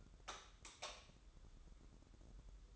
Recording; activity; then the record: daily activity, microphone in the room; light off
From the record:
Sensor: 3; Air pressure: 995.3 hPa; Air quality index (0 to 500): 84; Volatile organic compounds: 7 ppm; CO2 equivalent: 2029 ppm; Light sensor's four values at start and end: 12/31/12/12 and 9/22/9/9